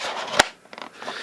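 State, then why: Seated. A glass perfume bottle is pushed back into the retaining holder inside its slightly bent presentation box and snaps in with a sharp, loud click at 0.4 s, followed by a few faint ticks around 0.7–0.8 s. The bottle is seated and caught so it will not fall out.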